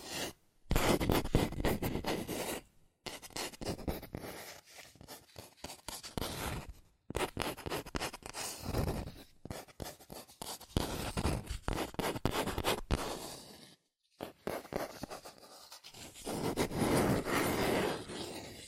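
Quick tapping, scratching and tracing on cardboard and paper comes in dense, rapid bursts of dry, crisp strokes. The activity runs in several stretches of a few seconds each, broken by short silent gaps near 3, 7, 14 and 15 seconds.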